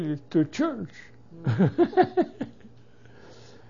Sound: he laughs

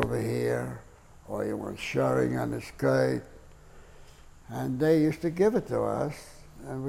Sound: none

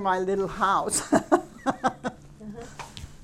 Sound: she laughs

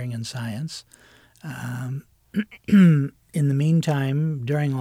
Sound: clears throat

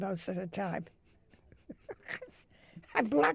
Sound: laughs

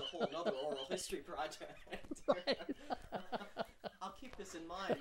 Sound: laughs

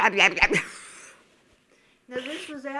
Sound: she laughs

